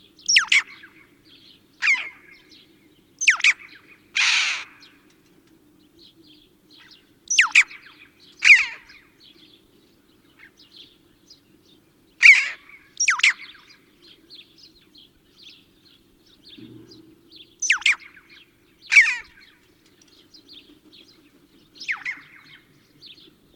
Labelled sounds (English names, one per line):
Red-billed Chough call